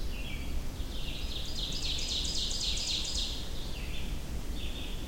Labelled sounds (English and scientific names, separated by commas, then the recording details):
Ovenbird (Seiurus aurocapilla) song
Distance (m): 40 m
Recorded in boreal forest in Alberta, Canada, on 25 June 2016 at 07:27
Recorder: SongMeter 3, array SBT-6-76
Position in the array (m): 15 m, 119 m
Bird 2